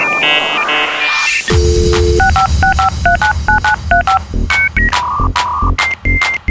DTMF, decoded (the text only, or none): 6565399935